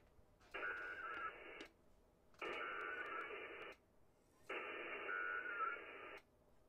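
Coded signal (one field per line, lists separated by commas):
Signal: HF data modem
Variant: ARDOP or WINMOR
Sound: three bursts of wide rushing hiss, each about a second, with short gaps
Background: faint radio static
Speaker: I want all my emails Wow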